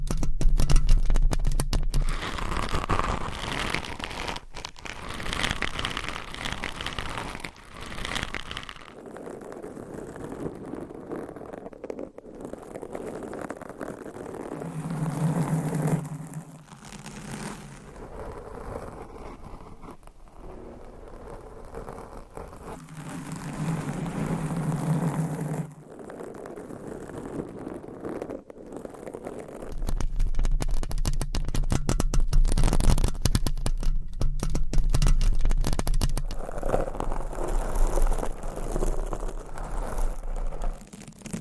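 Mic scratching with nails and covers: dense, continuous rustling and scraping, fuller and louder at the start and after thirty seconds, thinner midway.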